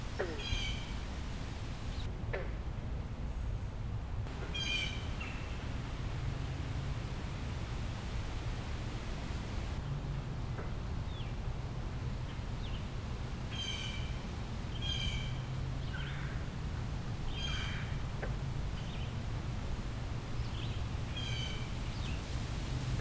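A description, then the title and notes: Frogs call in a wetland, their short bright trilled bursts repeating every few seconds. Beneath them runs a constant low rumble and hiss, like traffic, steady throughout. A few faint scattered chirps and clicks sit between the calls. Frogs Croaking in the Wetlands of Cold Spring Park - Newton, Massachusetts.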